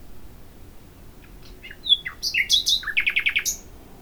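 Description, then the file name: Common nightingale song: faint introductory notes, a clear whistle, then loud varied chirps leading into a rapid string of repeated notes. "Luscinia megarhynchos"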